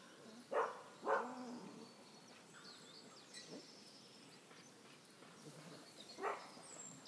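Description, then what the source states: Dog giving two quick barks, then a few fainter ones after a pause, with soft bird calls behind. Dog barking in a forest as a jogger passes by.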